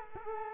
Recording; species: mosquito wingbeat signal from an infrared sensor; Culex quinquefasciatus